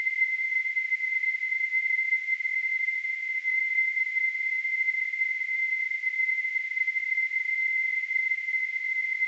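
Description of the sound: Simulated tinnitus: a steady, unchanging high-pitched tone near 2 kHz with a faint hiss above it, continuous throughout.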